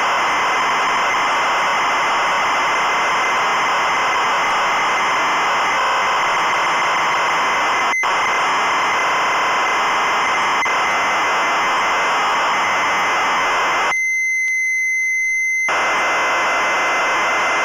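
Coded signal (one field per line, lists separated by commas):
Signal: ZX Spectrum tape loading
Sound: continuous harsh screeching data noise with brief dropouts, no clear lead tone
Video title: ZX Spectrum Code on 'XL1' by Pete Shelley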